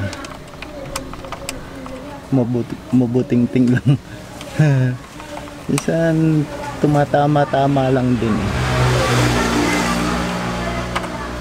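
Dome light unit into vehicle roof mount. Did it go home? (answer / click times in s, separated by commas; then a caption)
yes / 11.0 s. A Toyota Innova dome light unit is turned into its mount in the car roof while someone talks. A single sharp click at 11.0 s marks the light twist-locking into place, and it is seated.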